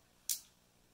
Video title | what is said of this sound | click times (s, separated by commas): Inserting Dexcom G6 Sensor in Arm of Four Year Old Child with Skin Tac & Overlay Sticker to Stay On | so once you hear that snap its in and then | 0.3 s